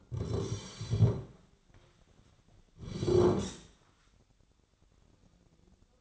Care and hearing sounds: daily activity, microphone in the room; sit down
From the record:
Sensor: 3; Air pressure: 1009.2 hPa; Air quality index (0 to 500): 180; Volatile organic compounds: 3 ppm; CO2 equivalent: 1462 ppm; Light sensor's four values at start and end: 47/121/53/54 and 49/127/56/57

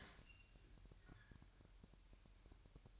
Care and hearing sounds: daily activity, microphone in the room; open fridge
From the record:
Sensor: 2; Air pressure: 1001.8 hPa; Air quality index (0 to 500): 248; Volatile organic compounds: 37 ppm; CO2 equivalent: 3091 ppm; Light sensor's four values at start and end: 8/28/11/10 and 8/28/11/10

